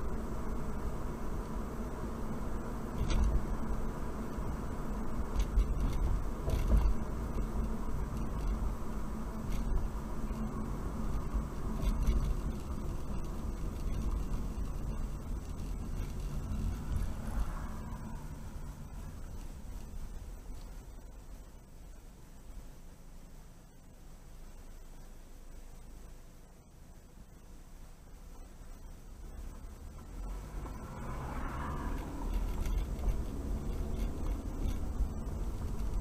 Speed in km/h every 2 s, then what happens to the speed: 45, 47, 47, 44, 42, 40, 37, 29, 21, 11, 5, 0, 0, 0, 0, 6, 21, 29.
4-22 slows to 0. 22-29 standing. 29-36 pulls away to 29.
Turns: none.